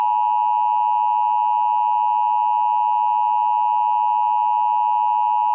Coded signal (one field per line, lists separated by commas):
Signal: Emergency Alert System (SAME) tones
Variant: 853 and 960 Hz attention tone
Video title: Nuclear bomb eas fake prank free to use